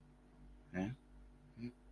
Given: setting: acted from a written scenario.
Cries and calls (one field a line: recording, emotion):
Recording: vocal sound without words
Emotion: neutral